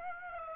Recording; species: mosquito wingbeat signal from an infrared sensor; Aedes aegypti